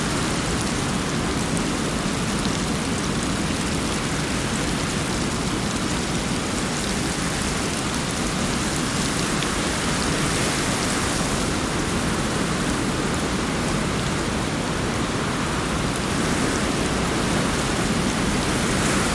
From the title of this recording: Raindrops Sounds For Sleeping Or Studying - White Noise